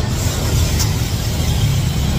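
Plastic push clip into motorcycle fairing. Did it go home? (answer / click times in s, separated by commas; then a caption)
no / none. A replacement plastic push clip is pushed into a motorcycle fairing over steady low rumbling background noise. It fails to lock or bite, and nothing has seated or clicked.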